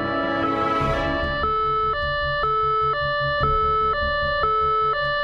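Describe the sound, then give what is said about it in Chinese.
An ambulance siren wails in a steady two-tone hi-lo pattern, switching pitch about twice a second over a low engine rumble, after a brief rising whoosh at the start; the ambulance is answering a call in Sai Wan (Western District), Hong Kong, on 30 September 2003, arriving just after 9 a.m. “当救护车抵达嘅时候系朝早9:00多”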